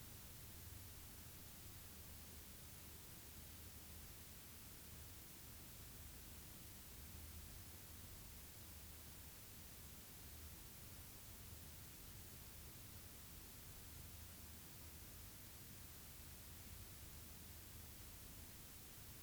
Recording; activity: daily activity, guitar pickup as the sensor; stand